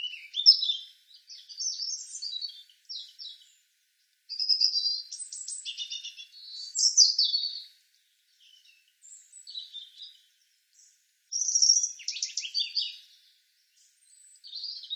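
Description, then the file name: European robin singing a string of varied high trilling and tinkling phrases, switching pitch from phrase to phrase, with brief pauses between bursts. "Erithacus rubecula"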